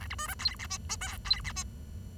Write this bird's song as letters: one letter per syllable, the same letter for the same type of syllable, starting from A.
A B C D E F G H I E F G